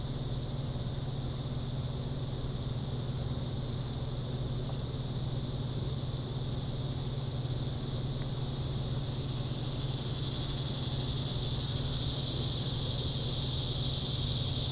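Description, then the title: Cicadas keep up a high, hissing drone that starts softer and intensifies in the last few seconds, alongside a low hum and general outdoor noise. Summer cicadas. "neoscenes: summer cicadas"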